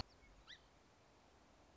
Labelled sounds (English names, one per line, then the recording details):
Song Sparrow
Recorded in Sonoma County, California